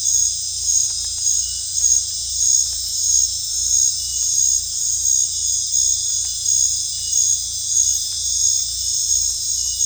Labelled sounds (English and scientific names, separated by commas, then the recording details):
none
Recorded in dense forest near Puerto Asís, Putumayo, Colombia, on 18 December 2024 at 19:00
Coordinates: 0.486, -76.317
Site G003